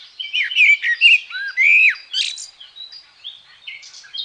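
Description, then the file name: Common blackbird song, a run of mellow slurred whistles rising and falling, trailing off into quieter high twittering notes. "Merel"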